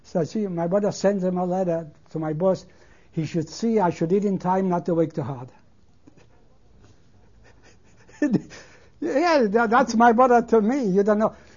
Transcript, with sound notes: So I see my mother sends him a letter to my boss, he should see I eat in time not to work too hard. (He laughs.) That's my mother to me, you don't know.